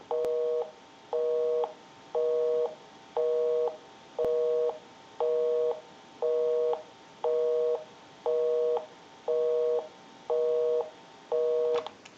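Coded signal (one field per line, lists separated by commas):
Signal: telephone call progress tone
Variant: North America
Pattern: busy tone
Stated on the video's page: Heard on an Automatic Electric 3 slot payphone during its initial checkout and repair conversion.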